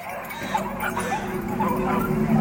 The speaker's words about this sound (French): Et ces satanés aboiements qui n'arrêtent jamais.